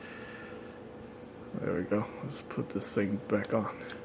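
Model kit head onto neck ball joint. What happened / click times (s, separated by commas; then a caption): Handled, not yet home: no seating snap, the part has not clicked into place / none. The head of a plastic Bandai Gunpla HGUC 1/144 Gogg model kit has come off its ball joint and is being handled to push it back onto the neck ball joint while someone talks over a steady background hum. Nothing has seated or clicked yet.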